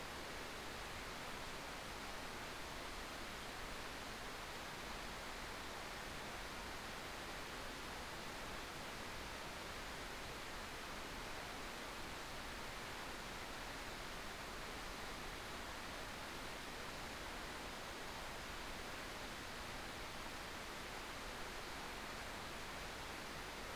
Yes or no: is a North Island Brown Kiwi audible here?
no